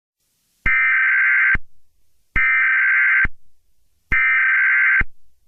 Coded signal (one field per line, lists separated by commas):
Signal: Emergency Alert System (SAME) tones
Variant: header bursts